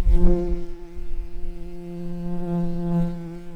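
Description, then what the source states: Common carder bee buzzing, a steady droning hum with even harmonics, slight wavering in loudness and a few low thumps at the start. Worker bumblebees.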